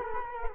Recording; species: mosquito wingbeat signal from an infrared sensor; Culex quinquefasciatus